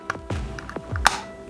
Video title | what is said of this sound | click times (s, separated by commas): Montez la Jaguar Type-E 1/8 Agora models Pack 2 | la sas eclipsie proprement bien comme il faut voilà | 1.1 s